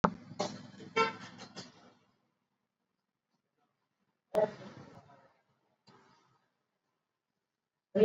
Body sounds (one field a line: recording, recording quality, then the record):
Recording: deep breathing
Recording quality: poor, much background noise or distortion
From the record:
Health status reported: exposed to COVID-19, no respiratory illness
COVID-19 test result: not tested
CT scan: not taken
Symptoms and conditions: none ticked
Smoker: no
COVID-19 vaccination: both doses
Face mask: worn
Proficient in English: yes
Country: India